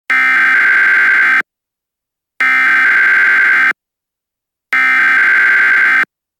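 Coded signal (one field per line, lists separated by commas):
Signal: Emergency Alert System (SAME) tones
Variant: header bursts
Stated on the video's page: Recreated, non-broadcast EAS alert based on an actual event, with a text-to-speech voice.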